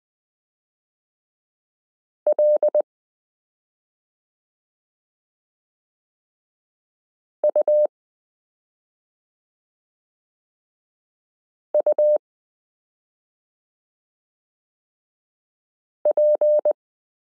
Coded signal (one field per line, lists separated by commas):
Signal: Morse code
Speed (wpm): 20 wpm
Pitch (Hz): 600 Hz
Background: none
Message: L U U P